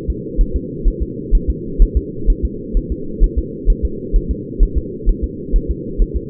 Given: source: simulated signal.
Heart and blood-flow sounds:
fetal heart sounds
0.10 s: S2
0.41 s: S1
0.56 s: S2
0.88 s: S1
1.02 s: S2
1.35 s: S1
1.50 s: S2
1.82 s: S1
1.97 s: S2
2.30 s: S1
2.45 s: S2
2.77 s: S1
2.92 s: S2
3.24 s: S1
3.39 s: S2
3.70 s: S1
3.85 s: S2
4.16 s: S1
4.31 s: S2
4.63 s: S1
4.78 s: S2
5.09 s: S1
5.24 s: S2
5.56 s: S1
5.71 s: S2
6.02 s: S1
6.16 s: S2
From the record:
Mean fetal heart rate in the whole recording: 130 bpm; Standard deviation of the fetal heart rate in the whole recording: 4 bpm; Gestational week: 38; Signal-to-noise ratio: -4.3 dB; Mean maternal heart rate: 72 bpm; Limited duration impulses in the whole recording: absent

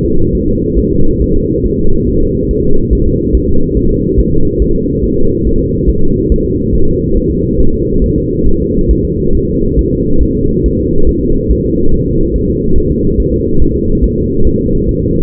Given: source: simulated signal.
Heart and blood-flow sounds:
fetal heart sounds
0.05 s: S2
0.35 s: S1
0.49 s: S2
0.79 s: S1
0.93 s: S2
1.22 s: S1
1.36 s: S2
1.66 s: S1
1.80 s: S2
2.09 s: S1
2.23 s: S2
2.51 s: S1
2.65 s: S2
2.93 s: S1
3.07 s: S2
3.35 s: S1
3.49 s: S2
3.77 s: S1
3.91 s: S2
4.20 s: S1
4.34 s: S2
4.62 s: S1
4.76 s: S2
5.04 s: S1
5.18 s: S2
5.47 s: S1
5.61 s: S2
5.89 s: S1
6.03 s: S2
6.32 s: S1
6.46 s: S2
6.75 s: S1
6.89 s: S2
7.17 s: S1
7.31 s: S2
7.60 s: S1
7.74 s: S2
8.04 s: S1
8.18 s: S2
8.47 s: S1
8.61 s: S2
8.91 s: S1
9.05 s: S2
9.35 s: S1
9.49 s: S2
9.79 s: S1
9.93 s: S2
10.23 s: S1
10.37 s: S2
10.66 s: S1
10.80 s: S2
11.09 s: S1
11.23 s: S2
11.52 s: S1
11.66 s: S2
11.94 s: S1
12.08 s: S2
12.36 s: S1
12.50 s: S2
12.78 s: S1
12.92 s: S2
13.20 s: S1
13.34 s: S2
13.62 s: S1
13.76 s: S2
14.04 s: S1
14.18 s: S2
14.47 s: S1
14.61 s: S2
14.89 s: S1
15.03 s: S2
From the record:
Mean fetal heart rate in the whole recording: 140 bpm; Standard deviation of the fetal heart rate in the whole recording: 2 bpm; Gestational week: 34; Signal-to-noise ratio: -19.1 dB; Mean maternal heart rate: 72 bpm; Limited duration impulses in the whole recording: present

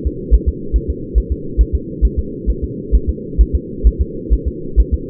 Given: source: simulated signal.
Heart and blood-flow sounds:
fetal heart sounds
0.07 s: S2
0.34 s: S1
0.49 s: S2
0.76 s: S1
0.90 s: S2
1.18 s: S1
1.32 s: S2
1.61 s: S1
1.75 s: S2
2.05 s: S1
2.19 s: S2
2.50 s: S1
2.64 s: S2
2.95 s: S1
3.09 s: S2
3.41 s: S1
3.55 s: S2
3.87 s: S1
4.02 s: S2
4.33 s: S1
4.48 s: S2
4.80 s: S1
4.94 s: S2
From the record:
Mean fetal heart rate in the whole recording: 135 bpm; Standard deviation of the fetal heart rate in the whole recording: 3 bpm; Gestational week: 34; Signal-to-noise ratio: -4.3 dB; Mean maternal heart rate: 72 bpm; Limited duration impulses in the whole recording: absent

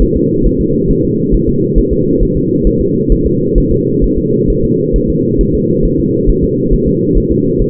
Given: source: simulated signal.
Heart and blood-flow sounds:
fetal heart sounds
0.02 s: S1
0.16 s: S2
0.46 s: S1
0.61 s: S2
0.90 s: S1
1.05 s: S2
1.34 s: S1
1.49 s: S2
1.78 s: S1
1.93 s: S2
2.22 s: S1
2.37 s: S2
2.67 s: S1
2.81 s: S2
3.12 s: S1
3.26 s: S2
3.58 s: S1
3.72 s: S2
4.04 s: S1
4.18 s: S2
4.50 s: S1
4.64 s: S2
4.96 s: S1
5.10 s: S2
5.41 s: S1
5.55 s: S2
5.85 s: S1
6.00 s: S2
6.29 s: S1
6.44 s: S2
6.73 s: S1
6.88 s: S2
7.17 s: S1
7.32 s: S2
7.62 s: S1
From the record:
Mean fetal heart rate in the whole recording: 135 bpm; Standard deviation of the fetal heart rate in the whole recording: 3 bpm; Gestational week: 36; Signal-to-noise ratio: -11.2 dB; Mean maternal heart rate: 72 bpm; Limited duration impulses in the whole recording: present

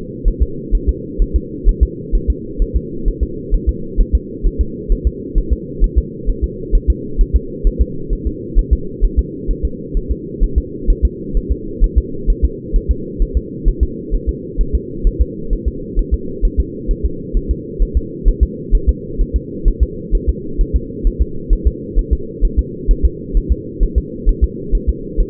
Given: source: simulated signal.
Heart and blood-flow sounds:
fetal heart sounds
0.28 s: S1
0.43 s: S2
0.75 s: S1
0.89 s: S2
1.22 s: S1
1.36 s: S2
1.69 s: S1
1.83 s: S2
2.15 s: S1
2.30 s: S2
2.62 s: S1
2.76 s: S2
3.08 s: S1
3.23 s: S2
3.55 s: S1
3.69 s: S2
4.01 s: S1
4.15 s: S2
4.47 s: S1
4.61 s: S2
4.92 s: S1
5.07 s: S2
5.38 s: S1
5.53 s: S2
5.84 s: S1
5.98 s: S2
6.30 s: S1
6.44 s: S2
6.75 s: S1
6.90 s: S2
7.21 s: S1
7.36 s: S2
7.67 s: S1
7.81 s: S2
8.13 s: S1
8.27 s: S2
8.59 s: S1
8.73 s: S2
9.05 s: S1
9.19 s: S2
9.51 s: S1
9.65 s: S2
9.97 s: S1
10.11 s: S2
10.44 s: S1
10.58 s: S2
10.90 s: S1
11.05 s: S2
11.37 s: S1
11.52 s: S2
11.84 s: S1
11.98 s: S2
12.30 s: S1
12.45 s: S2
12.76 s: S1
12.91 s: S2
13.22 s: S1
13.37 s: S2
13.68 s: S1
13.83 s: S2
14.15 s: S1
14.29 s: S2
14.61 s: S1
14.75 s: S2
15.07 s: S1
15.22 s: S2
15.53 s: S1
15.68 s: S2
15.99 s: S1
16.14 s: S2
16.45 s: S1
16.60 s: S2
16.91 s: S1
17.05 s: S2
17.37 s: S1
17.51 s: S2
17.83 s: S1
17.97 s: S2
18.28 s: S1
18.43 s: S2
18.75 s: S1
18.89 s: S2
19.21 s: S1
19.36 s: S2
19.68 s: S1
19.83 s: S2
20.15 s: S1
20.29 s: S2
20.61 s: S1
20.76 s: S2
21.07 s: S1
21.22 s: S2
21.53 s: S1
21.67 s: S2
21.99 s: S1
22.13 s: S2
22.45 s: S1
22.59 s: S2
22.91 s: S1
23.05 s: S2
23.37 s: S1
23.52 s: S2
23.83 s: S1
23.98 s: S2
24.29 s: S1
24.44 s: S2
24.75 s: S1
24.89 s: S2
25.21 s: S1
From the record:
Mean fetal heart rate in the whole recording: 130 bpm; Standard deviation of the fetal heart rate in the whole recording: 2 bpm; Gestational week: 38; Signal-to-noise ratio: -4.3 dB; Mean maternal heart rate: 72 bpm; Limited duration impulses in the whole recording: absent

